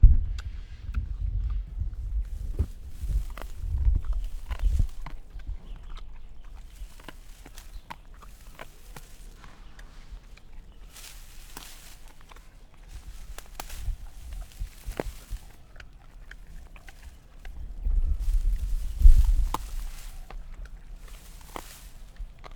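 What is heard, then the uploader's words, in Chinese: A panda eats bamboo, with sharp cracking snaps and dry crunching bursts coming every second or so. Low thumps and rustling come and go beneath, heaviest at the start and again near the end, with quieter chewing between. 熊猫吃竹子2-中国四川。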